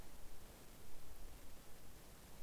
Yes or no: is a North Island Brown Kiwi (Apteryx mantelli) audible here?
no